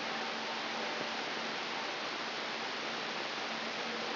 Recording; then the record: brain microelectrode recording played as sound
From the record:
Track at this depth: inside the subthalamic nucleus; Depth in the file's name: 7.131 mm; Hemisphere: right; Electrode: 3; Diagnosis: Parkinson's disease